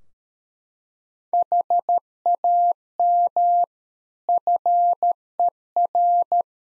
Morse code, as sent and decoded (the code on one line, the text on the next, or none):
.... .- -- / ..-. . .-.
HAM FER